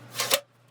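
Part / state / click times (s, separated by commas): storage drive into case drive tray / seated / 0.3 s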